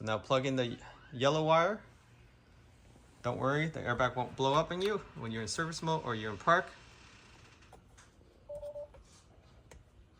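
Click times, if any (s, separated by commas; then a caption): none. Someone talks while plugging the yellow airbag wire connector into the steering wheel airbag module during a stalk install on a Tesla Model X Plaid (refresh Model S/X). After the talking stops, a brief tone sounds around 8.5–9.0 s, followed by faint short ticks near 8.9 s and 9.7 s. The connector has not clicked or seated yet.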